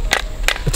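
A compact 15-round Glock 19 magazine is pushed into the longer polymer grip of a full-size Glock 17 pistol, making short, sharp plastic contact sounds near 0.1 s and 0.5 s and a softer one near 0.6 s. The magazine is too short to reach the catch, so it has not locked or clicked into place.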